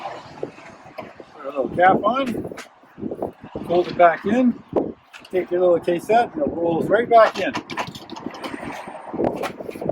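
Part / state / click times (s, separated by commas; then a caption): toilet waste cassette into its compartment / not seated / none. Someone talks while handling a toilet waste cassette from a winterized unit: a small cap is put on, the cassette is folded back and rolled back toward its compartment. Short knocks and handling sounds come through under the speech. The clip ends before the cassette locks into place, so nothing has seated or clicked yet.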